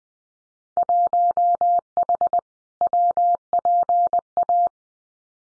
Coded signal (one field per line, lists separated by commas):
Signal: Morse code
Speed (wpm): 20 wpm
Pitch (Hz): 700 Hz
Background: none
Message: 1H WPA